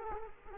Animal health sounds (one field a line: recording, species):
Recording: mosquito wingbeat signal from an infrared sensor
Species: Culex quinquefasciatus